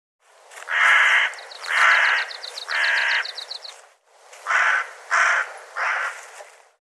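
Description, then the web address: Bird calls, a run of harsh raspy notes in two bursts, three then three, with a quick ticking trill overlapping the first burst. "cianscape birddata"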